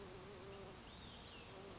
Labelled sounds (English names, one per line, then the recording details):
Olive-sided Flycatcher
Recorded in Sonoma County, California